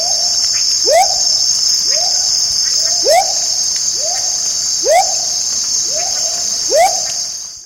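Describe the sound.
Smoky jungle frog calling, short rising whoop notes repeated steadily over a constant high insect drone.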